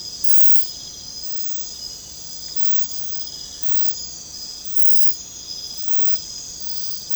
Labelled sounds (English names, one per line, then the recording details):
none
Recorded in secondary vegetation near Puerto Asís, Putumayo, Colombia, on 21 December 2024 at 23:00
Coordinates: 0.499, -76.323
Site G010